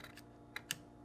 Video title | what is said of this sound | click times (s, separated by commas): How to replace GE refrigerator ice & water dispenser lever paddle actuator part # WR17X13060 | Now, reconnect the electrical connectors by aligning them and pushing until they snap in place. | 0.6 s, 0.7 s